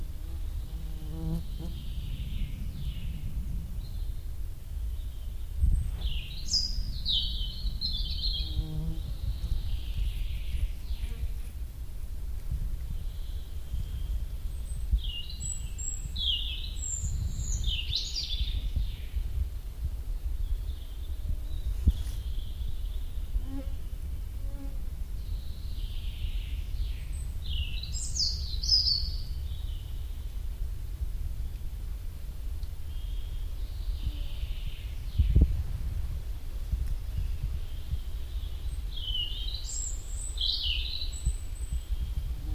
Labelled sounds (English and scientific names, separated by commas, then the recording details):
European Robin (Erithacus rubecula) song
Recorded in the wild
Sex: male
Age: adult
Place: Halbinsel Kindo, Karelien, RU
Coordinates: 66.5508, 33.1036
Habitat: taiga
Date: 1990-07-01 13:00
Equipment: Uher 4000 Report Monitor, Sennheiser MKH 416 T
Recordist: Frommolt, Karl-Heinz